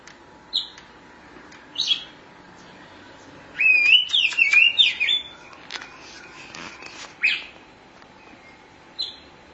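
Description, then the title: Oriental magpie-robin song: scattered short chirps, then a quick warbled whistled phrase, followed by sparse clicks and single notes. Chirping song (kicauan) of the bird. "Suara Kicauan Burung Kacer Durasi Panjang"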